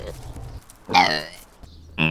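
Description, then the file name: Goitered gazelle bleats: a loud, harmonic, wavering cry lasting about half a second, then a shorter bleat at the end, with rustling and low background noise. Juvenile goitered gazelle; oral call. "Gazella subgutturosa oral juv"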